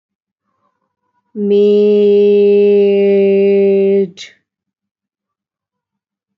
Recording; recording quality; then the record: sustained vowel as in made; excellent, no background noise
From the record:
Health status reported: respiratory illness, not identified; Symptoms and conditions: fever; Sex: female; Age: 25 years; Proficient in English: yes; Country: India